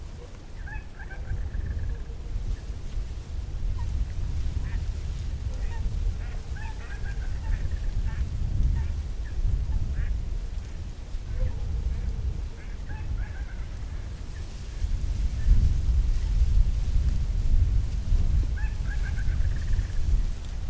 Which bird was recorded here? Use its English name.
Little Crake